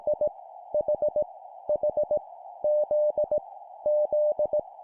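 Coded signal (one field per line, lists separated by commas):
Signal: Morse code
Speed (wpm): 18 wpm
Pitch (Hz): 600 Hz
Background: none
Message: I H H Z Z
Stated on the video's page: Morse practice drill at 17 wpm, random letters each repeated three times.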